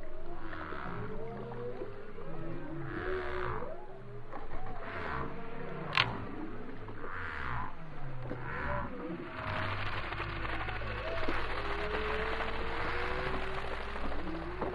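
Whale song of repeated short swooping tones over a low rumble, with a sharp click near the middle and a steady hiss later.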